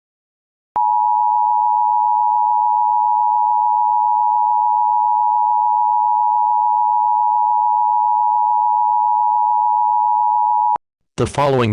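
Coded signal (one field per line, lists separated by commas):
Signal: Emergency Alert System (SAME) tones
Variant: 853 and 960 Hz attention tone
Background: speech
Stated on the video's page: Fictional EAS scenario.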